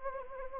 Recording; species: mosquito wingbeat signal from an infrared sensor; Anopheles gambiae